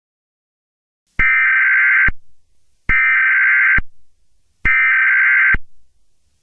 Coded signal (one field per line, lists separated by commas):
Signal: Emergency Alert System (SAME) tones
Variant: header bursts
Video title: EAS Scenario #3: Team Rocket